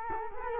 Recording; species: mosquito wingbeat signal from an infrared sensor; Culex quinquefasciatus